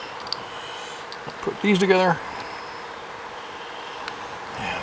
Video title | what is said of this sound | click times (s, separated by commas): 2020 Hawk DLX EFI 250 Unboxing & Build. (Come for the bike, stay for the clueless newbie!) | push until it clicks | 0.3 s